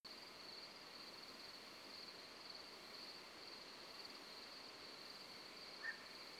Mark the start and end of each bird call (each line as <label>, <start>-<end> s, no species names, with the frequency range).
bird call (1.6-2.0 kHz), 5.81-5.95 s